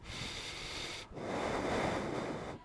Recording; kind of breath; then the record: one breath in and out by a microphone near the nose and mouth; deep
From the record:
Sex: male